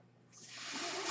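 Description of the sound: A rising, airy hiss builds over about a second, the rush of a home mechanical ventilator delivering a breath.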